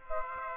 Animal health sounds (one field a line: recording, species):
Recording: mosquito wingbeat signal from an infrared sensor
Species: Aedes aegypti